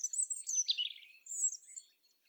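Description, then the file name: European robin song, a thin, high, tumbling phrase of quick warbled notes, then a brief pause and a second shimmering high strophe. "Erithacus rubecula"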